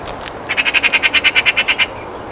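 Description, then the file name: Eurasian magpie delivering one harsh chattering rattle of more than a dozen evenly spaced rasping notes over about a second and a half. "Pica pica"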